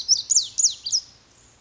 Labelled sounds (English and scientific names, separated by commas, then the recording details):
Pacific Wren (Troglodytes pacificus)
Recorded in Sonoma County, California